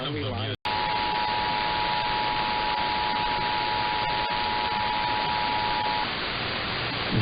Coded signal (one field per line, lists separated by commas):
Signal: Emergency Alert System (SAME) tones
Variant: 853 and 960 Hz attention tone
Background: speech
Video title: The Day That Nevada Tested Late (EAS #13371-13380) 9/28/23